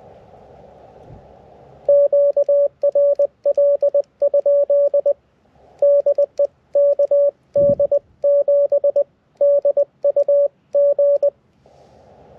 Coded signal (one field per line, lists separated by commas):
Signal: Morse code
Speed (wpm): 20 wpm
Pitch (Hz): 570 Hz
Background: none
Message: QRL? DE KD7DUG